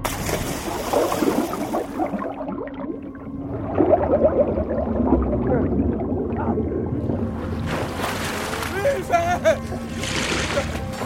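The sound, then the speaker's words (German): Columbus plunges into the water off the Portuguese coast during a pirate attack on a merchant fleet, then steady sloshing and churning swimming strokes follow, with a muffled din of voices and commotion running underneath. “Kurz entschlossen springt Kolumbus ins Wasser.”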